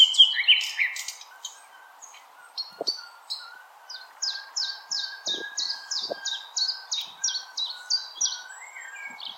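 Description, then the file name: Common nightingale song: a brief harsh burst, then a steady run of crisp repeated high notes over a faint continuous hum. Recorded 16 April 2021. "Nightingale-210416"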